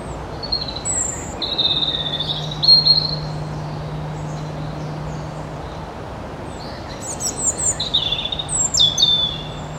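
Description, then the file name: European robin song in two high, warbling phrases of thin whistles and trills separated by a pause, over a faint low steady hum. "Erithacus rubecula"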